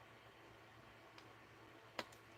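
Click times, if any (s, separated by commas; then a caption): 2.0 s. A small fastener is pressed into a journal cover during a crafting session, with a faint tick at about 1.2 s over low steady background noise. A sharp, bright click at 2.0 s marks the fastener popping into place, and it is seated.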